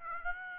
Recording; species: mosquito wingbeat signal from an infrared sensor; Aedes aegypti